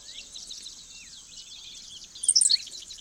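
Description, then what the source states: Henslow's Sparrow song: one very short, high, sharp 'silik' burst near the end, over a steady high hiss. Lone male perched in a vast tall-grass prairie, on an August morning.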